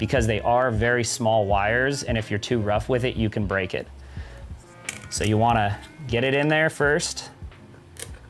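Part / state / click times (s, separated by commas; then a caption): wire harness plug into controller socket / seated / 8.0 s. A small wire-harness plug is pushed gently into its controller socket while assembling a board conversion kit, handled carefully because the wires are very small and can break if treated too roughly. Someone talks, and a sharp, short click sounds at 8.0 s as the connector seats.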